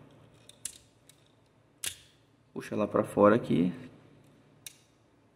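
Plastic parts of a Transformers Combiner Wars Cyclonus action figure are handled as the figure is transformed into robot mode, with the head being pulled out. Sharp plastic clicks and taps sound at about 0.5, 0.7, 1.1, 1.9 and 4.7 seconds, and someone talks in between. The plastic chest plate panel has not yet seated or clicked into the robot's torso.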